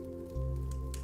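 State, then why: Not seated. A plastic part of an HG Maxter Gundam Gunpla model kit is handled as it is pushed toward its socket on the figure, with soft rubbing and two brief light ticks at about 0.7 s and 0.9 s over a steady low hum and tones. Nothing has seated or clicked yet; the clip ends just before the part goes home.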